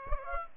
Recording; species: mosquito wingbeat signal from an infrared sensor; Aedes aegypti